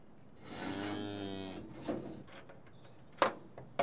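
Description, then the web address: Cattle giving one drawn-out harmonic low lasting about a second, followed by clattering knocks and clicks. Cattle in a yard, TB tested. "BBC Sound Effects Library BBC 35-Livestock. Cattle TB Tested In Yard"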